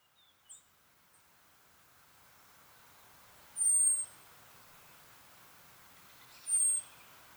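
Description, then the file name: Common blackbird calls as two high, thin, drawn-out notes about three seconds apart, following a couple of brief faint chirps over low background noise. "Turdus merula"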